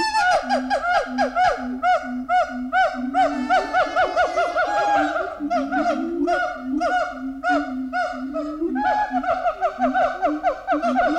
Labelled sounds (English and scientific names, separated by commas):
Siamang (Symphalangus syndactylus)